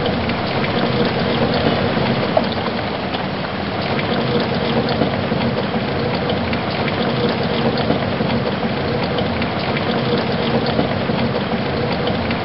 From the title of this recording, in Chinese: 大自然的声音_小雨